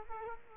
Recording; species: mosquito wingbeat signal from an infrared sensor; Culex quinquefasciatus